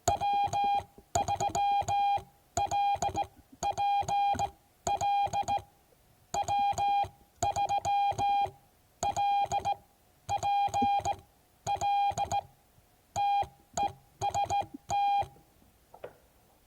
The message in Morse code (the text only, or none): W3LPL W3LPL TEST